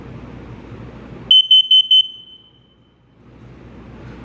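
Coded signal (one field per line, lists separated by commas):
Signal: alarm pattern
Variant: carbon monoxide alarm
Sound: four quick high-pitched beeps in a row, then silence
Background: low rumble background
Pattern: temporal four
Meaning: Carbon monoxide detected; get outside and call for help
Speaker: 4 beeps means carbon monoxide.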